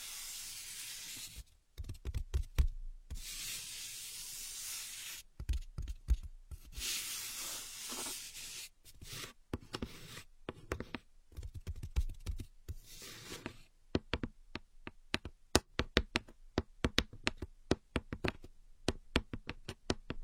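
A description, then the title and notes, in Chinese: Ear picking: for the first thirteen seconds, dense, bright scratching and rustling comes in bursts broken by brief silences. After that, the rubbing gives way to a quick run of sharp, dry clicks and taps, evenly spaced. 姐姐抠耳朵催眠。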